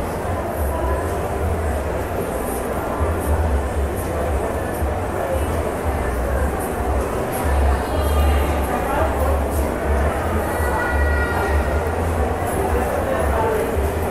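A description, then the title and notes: Shopping mall ambience: a steady, dense wash of overlapping voices and crowd murmur with no pauses. A low rumble runs underneath throughout, swelling slightly around eight seconds, while faint brighter clinks and tones surface now and then. SHOPPING MALL ASMR AMBIENT SOUND.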